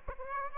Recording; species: mosquito wingbeat signal from an infrared sensor; Aedes aegypti